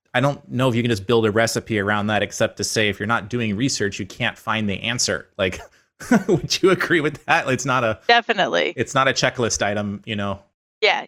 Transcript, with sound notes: I don’t know if you can just build a recipe around that except to say, “If you’re not doing research, you can’t find the answer.” Like [laugh] would you agree with that. It’s not a-
Definitely.
It’s not a checklist item, you know?
Yeah, yeah.